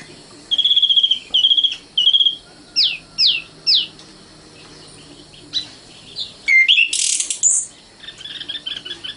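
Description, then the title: Oriental magpie-robin song: clear whistled notes repeated in short bursts, then downslurred sweeps and a final burst of high, scratchy, varied phrases. Kacer song. "Kicau Kacer"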